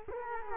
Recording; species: mosquito wingbeat signal from an infrared sensor; Culex quinquefasciatus